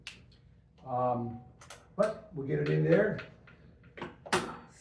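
A removable battery pack is slid back into the frame mount of a Revi Rebel.2 folding e-bike after being pulled out, and it seats with a loud knock or latch at 4.3 s. Someone talks beforehand, and a few softer taps come just before the seating knock.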